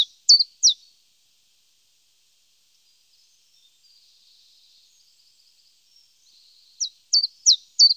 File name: Pierwiosnek